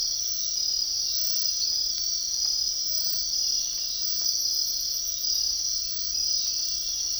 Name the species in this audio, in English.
none